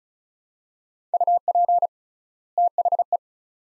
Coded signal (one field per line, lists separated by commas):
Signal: Morse code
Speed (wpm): 36 wpm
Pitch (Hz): 700 Hz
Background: none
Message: UP THE